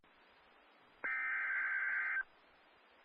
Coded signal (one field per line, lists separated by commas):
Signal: Emergency Alert System (SAME) tones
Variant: header bursts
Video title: EAS 170 - Flash Flood Warning in Oklahoma